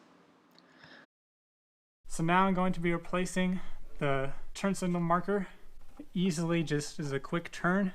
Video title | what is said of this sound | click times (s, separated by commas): C5 Corvette DIY DRL & side marker bulb replacement | until it clicks into place so | 0.6 s